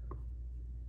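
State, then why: Released. A small screw on a Jack Wolf Knives modern folding knife is backed out of its threaded hole with a Torx bit. A short, sharp click at 0.1 s marks the last thread disengaging, over a steady low hum. The screw comes free, with dried Loctite on its threads.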